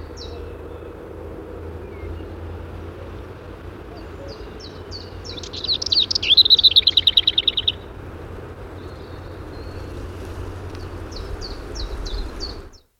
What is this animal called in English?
Lesser Whitethroat